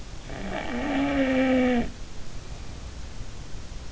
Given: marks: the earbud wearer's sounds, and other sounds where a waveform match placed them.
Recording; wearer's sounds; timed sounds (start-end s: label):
sounds in sleep by an in-ear microphone; snoring breath
0.26-3.18 s: snoring breath